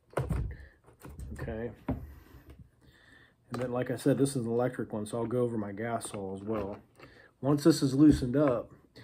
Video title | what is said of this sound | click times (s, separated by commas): HOW TO ADJUST A CHAIN ON A CHAINSAW 101 GREENWORKS 80 VOLT ELECTRIC CHAIN SAW | and you pull back your chain brake, you should hear it click. Okay. | 0.2 s